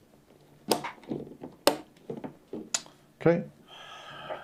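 A second memory stick is pressed into its motherboard RAM slot, and the plastic retention clips snap shut with sharp clicks at 1.7 s and 2.8 s among softer handling knocks. The stick is seated, and afterwards someone talks.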